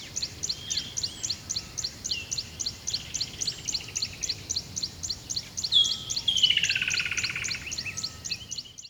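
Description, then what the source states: Bird song: very high thin notes repeated rapidly and steadily throughout, with a buzzy descending trill near the end, over a low watery rumble. Recorded by a river at dawn.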